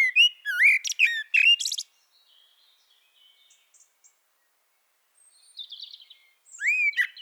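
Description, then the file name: Common blackbird with fluted song phrases: a rich warble with sharp high squeaks, quiet soft twittering in between, and another low whistle beginning at the end. "Turdus merula"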